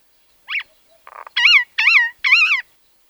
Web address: soud Majna